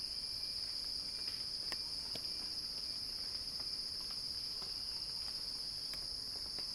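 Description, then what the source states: Cicada chorus holding a dense, even high-pitched hiss with no pauses; faint ticking sounds come through here and there. Cicadas heard in a crescendo.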